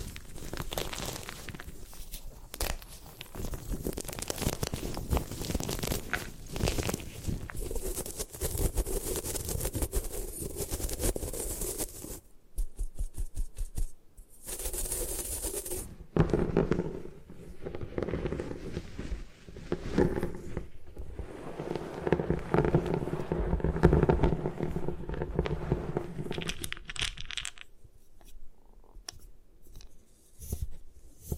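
Gym chalk being crushed and broken up, a dense run of gritty crunches and scraping grinds that keeps shifting in pace. A brief lull with sharp clicks comes around twelve seconds, then heavier, lower crumbling resumes and tapers off near the end.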